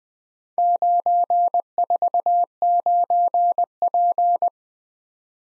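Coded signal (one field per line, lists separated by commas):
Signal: Morse code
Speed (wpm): 19 wpm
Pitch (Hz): 700 Hz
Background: none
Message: 949P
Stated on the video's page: Morse practice of four-character letter-number groups in a speed-racing format, starting fast and slowing to a 17 wpm base, final repeat at maximum speed.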